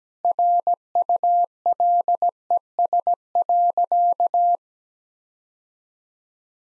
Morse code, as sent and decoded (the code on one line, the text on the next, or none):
.-. ..- .-.. . ... .-.-.-
RULES.